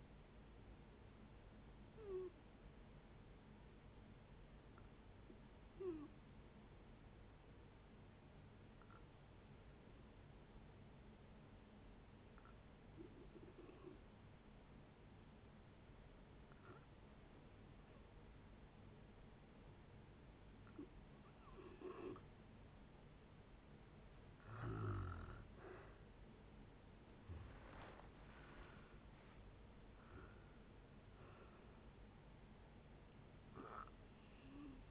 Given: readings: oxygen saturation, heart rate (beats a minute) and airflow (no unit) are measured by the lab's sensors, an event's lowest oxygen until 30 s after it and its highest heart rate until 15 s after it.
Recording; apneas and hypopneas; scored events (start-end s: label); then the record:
breathing in sleep by a voice recorder at the bedside; 1
4.00-25.70 s: hypopnea (N3, oxygen 95% highest, then 88% lowest, heart rate 65 at the start, 78 highest)
28.00-34.91 s: new sleep stage, N2 (light sleep)
From the record:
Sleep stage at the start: N3 (deep sleep); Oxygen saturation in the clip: 89 to 95%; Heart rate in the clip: 58 to 78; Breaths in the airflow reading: 9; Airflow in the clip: -9.5 to 11.7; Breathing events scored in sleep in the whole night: 496 in 5.4 hours asleep